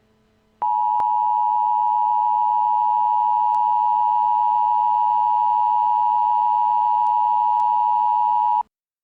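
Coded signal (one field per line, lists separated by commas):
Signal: Emergency Alert System (SAME) tones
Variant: 853 and 960 Hz attention tone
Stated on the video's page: Fictional EAS scenario.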